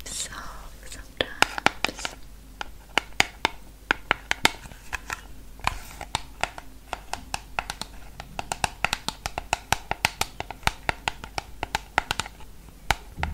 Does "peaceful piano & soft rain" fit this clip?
no